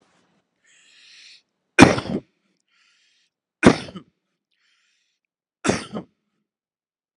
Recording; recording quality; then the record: heavy voluntary cough; excellent, no background noise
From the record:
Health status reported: healthy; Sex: male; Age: 42 years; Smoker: yes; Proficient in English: yes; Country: India